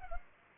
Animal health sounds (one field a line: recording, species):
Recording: mosquito wingbeat signal from an infrared sensor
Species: Culex pipiens